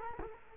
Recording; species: mosquito wingbeat signal from an infrared sensor; Culex quinquefasciatus